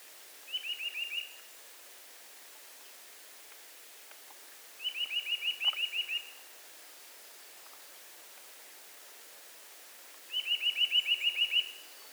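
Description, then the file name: Eurasian nuthatch giving three fast, even trills of high piping notes, each about a second long, spaced roughly four to six seconds apart over quiet background. "Sitta europaea"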